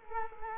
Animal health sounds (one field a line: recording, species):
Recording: mosquito wingbeat signal from an infrared sensor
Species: Culex quinquefasciatus